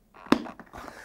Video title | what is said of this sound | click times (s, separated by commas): How to change a visor: Shark Skwal and D-Skwal motorcycle helmets | so that's home rotate do the same on this side into the guide Runner push till you hear that click | 0.3 s